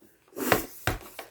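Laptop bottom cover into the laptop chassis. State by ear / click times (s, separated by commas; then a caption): seated / 0.5 s, 0.9 s, 1.2 s. After swapping in an HT03XL battery, the plastic bottom cover of an HP laptop is pressed down so its edge clips snap into the chassis one after another. Sharp snaps sound at 0.5, 0.9 and 1.2 seconds, with a fainter click at 1.3 seconds. The cover is seated.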